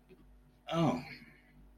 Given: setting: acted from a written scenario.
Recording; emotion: vocal sound without words; ecstasy